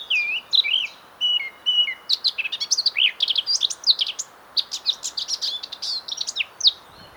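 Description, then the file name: Eurasian blackcap song, opening with a few clear whistled notes and then breaking into a rapid, jumbled chatter of high twittering phrases. "Sylvia atricapilla"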